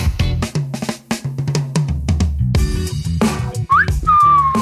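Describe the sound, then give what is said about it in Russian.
Near the end, a man whistles a quick upward slide and then holds a steady note at his doorstep as a visitor arrives. Before it, busy music with sharp percussive hits plays throughout. “«Вот уж кого не ожидал увидеть», — присвистывает Дубов, когда я возникаю на его пороге.”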